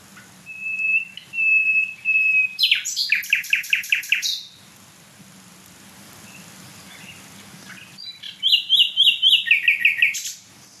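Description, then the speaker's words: Common Nightingale song: a few steady whistled notes, then loud fast repeated chirps, a long silence, and another rapid series of rich repeated notes; low hum beneath. Gurgling phrase within the song at night; bird very loud though smaller than a blackbird; sung between dense deadwood-filled core zones, no other birds singing. "Boah, was ist das für ein Glucksen?"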